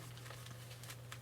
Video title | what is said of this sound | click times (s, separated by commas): Ostomy Tips - Wearing your bag sideways | clip it on you can hear it snap | 1.1 s